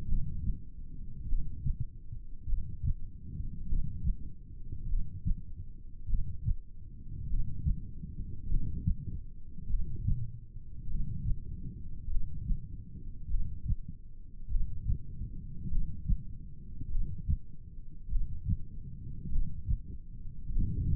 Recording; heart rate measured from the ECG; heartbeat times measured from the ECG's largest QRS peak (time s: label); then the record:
heart sounds by stethoscope; 50 bpm
0.09 s: heartbeat
1.30 s: heartbeat
2.50 s: heartbeat
3.70 s: heartbeat
4.90 s: heartbeat
6.10 s: heartbeat
7.31 s: heartbeat
8.51 s: heartbeat
9.71 s: heartbeat
10.91 s: heartbeat
12.11 s: heartbeat
13.31 s: heartbeat
14.52 s: heartbeat
15.72 s: heartbeat
16.92 s: heartbeat
18.12 s: heartbeat
19.33 s: heartbeat
20.53 s: heartbeat
From the record:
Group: heart failure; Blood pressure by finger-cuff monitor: 111/54 mmHg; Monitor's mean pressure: 71 mmHg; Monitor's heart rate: 50 bpm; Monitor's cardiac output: 4.7 L/min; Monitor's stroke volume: 95 mL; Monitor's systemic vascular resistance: 1070 dyn s/cm5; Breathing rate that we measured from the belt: 16 breaths a minute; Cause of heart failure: cardiac sarcoid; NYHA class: 1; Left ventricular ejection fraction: 39%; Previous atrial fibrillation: present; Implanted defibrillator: present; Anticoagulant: apixaban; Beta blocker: carvedilol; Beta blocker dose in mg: 50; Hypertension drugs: ramipril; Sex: male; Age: 79 years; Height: 184 cm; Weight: 92.5 kg